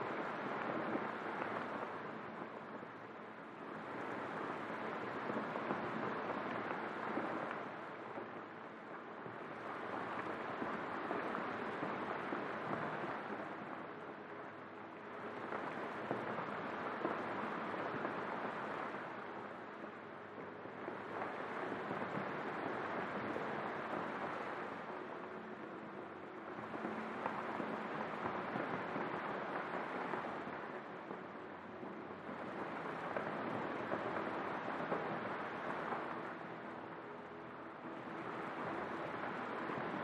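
Rain falls steadily beneath soft atmospheric chords that swell and fade in slow, regular waves about every five seconds. The hiss stays dense and even throughout, with sustained mid and low tones threading through it and no sharp events.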